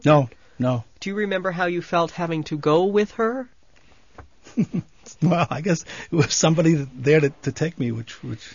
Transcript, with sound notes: No, no.
Do you remember how you felt having to go with her?
( he laughs ) Well, I guess there was somebody there to take me which was,